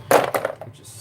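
A small housing screw is being driven out of a cordless power tool battery pack case, and its head strips out. There is a sharp, broad hit at 0.1 s, followed by quieter ticks around 0.35, 0.45 and 0.6 s before the sound fades to a low hiss.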